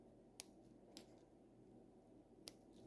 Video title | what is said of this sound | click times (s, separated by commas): BROKEN FICM PLUGS FIXED FORD 6.0L POWERSTROKE | Kind of hear the click a little bit when it does go in. | 0.4 s, 2.5 s